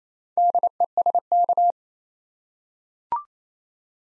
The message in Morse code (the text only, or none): DESK